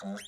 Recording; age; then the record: pig call; piglet (1 to 25 days)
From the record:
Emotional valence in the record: negative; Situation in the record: long isolation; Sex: male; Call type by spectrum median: low-frequency call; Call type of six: mixed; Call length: 0.28 s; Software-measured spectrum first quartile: 264 Hz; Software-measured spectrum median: 713 Hz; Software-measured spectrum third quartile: 3203 Hz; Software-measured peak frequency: 606 Hz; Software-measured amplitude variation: 91 dB a second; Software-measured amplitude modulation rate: 3.6 a second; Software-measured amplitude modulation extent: 25.3 dB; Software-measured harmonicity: 7.1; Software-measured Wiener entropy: -3.07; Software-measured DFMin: 885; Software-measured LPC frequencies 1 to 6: 422, 1557, 3196, 3679, 5558, 6284 Hz